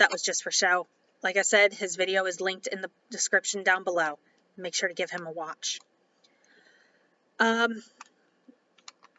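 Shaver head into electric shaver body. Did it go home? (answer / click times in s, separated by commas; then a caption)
yes / 8.9 s. Someone talks for most of the clip, then the removable plastic head and blade unit of a Brori women's electric shaver is pushed back into the shaver body. A few faint taps lead up to a short, sharp click at 8.9 s as the head snaps in and seats, followed by a couple of tiny clicks.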